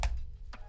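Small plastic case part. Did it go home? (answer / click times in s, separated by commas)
yes / 0.0 s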